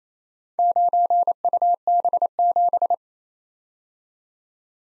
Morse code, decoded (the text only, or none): 9UB7